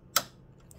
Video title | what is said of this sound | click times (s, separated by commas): ENFILAGE BRODEUSE PROFESSIONNELLE PR680W ET PR1055X BROTHER | Je positionne. Je vais pousser jusqu'au bout, ça va faire un petit clic. | 0.2 s